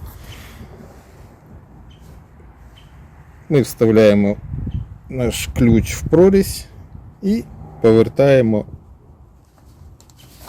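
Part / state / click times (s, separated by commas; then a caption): mechanical key turning the car door lock cylinder/child lock / not seated / none. Someone talks while a mechanical Ford key is inserted into the slot of the door lock cylinder (child lock) and turned, with a few faint short ticks near the end. Nothing has clicked into the locked position yet.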